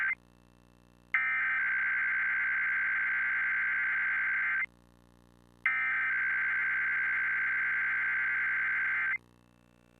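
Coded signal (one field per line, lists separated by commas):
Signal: Emergency Alert System (SAME) tones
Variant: header bursts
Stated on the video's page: SAME tones from an EAS that a MeTV affiliate aired erroneously for an entire hour during severe weather.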